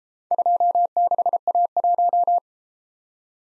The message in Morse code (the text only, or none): 26A1